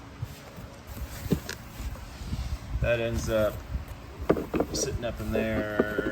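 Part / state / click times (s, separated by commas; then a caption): fender marker light housing into hightop fender / not seated / none. A plastic fender marker light housing is handled at its opening in a plastic Mopar JK hightop fender while someone talks, with a few brief knocks and rustles of handling. The clip ends before the housing goes home, and nothing has seated or clicked yet.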